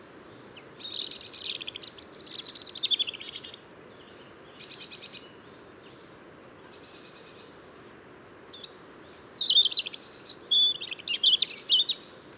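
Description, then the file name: European robin singing thin, high warbled phrases with sliding whistles and fast trills, separated by short pauses, then a longer tumbling phrase near the end. "Erithacus rubecula"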